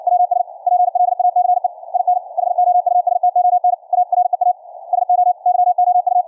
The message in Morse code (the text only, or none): WS PLACE IN HOUSTON AREA SO YOU